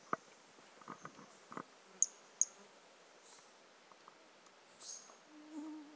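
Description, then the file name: Brachycephalus mirissimus calling with two short, sharp, very high chirps about half a second apart, among scattered clicks and taps. Recorded 18 January 2018; individual 01, specimen not collected. "Brachycephalus mirissimus 18 jan 2018 individual 01 ex 02 A E Confetti not collected"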